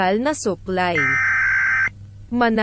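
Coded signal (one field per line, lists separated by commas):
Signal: Emergency Alert System (SAME) tones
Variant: header bursts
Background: speech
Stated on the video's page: Fictional scenario: simulated alert about an invasion of the Philippines.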